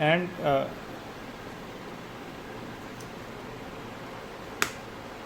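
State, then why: Seated. Someone talks briefly at the start while a polypropylene panel with its steel rod frame is pushed into the plastic joint connector of a Lukzer 8-cube modular plastic clothes storage wardrobe. At 4.6 s it snaps home with a single sharp click, the sign that the panel is connected the right way.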